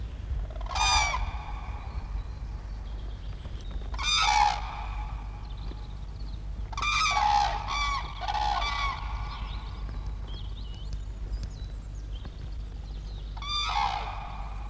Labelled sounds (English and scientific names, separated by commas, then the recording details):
Common Crane (Grus grus) call
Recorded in the wild
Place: Sandschenke, Niederlausitz, Sachsen, DE
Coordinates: 51.3333, 14.8
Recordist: Meyer, Hugo